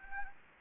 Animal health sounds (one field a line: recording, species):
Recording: mosquito wingbeat signal from an infrared sensor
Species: Anopheles gambiae